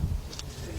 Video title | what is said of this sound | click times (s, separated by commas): ⭐ 2001 Ford Explorer - 4.0 - Fuel Pump And Fuel Filter Replacement | it snaps into place and that's | 0.4 s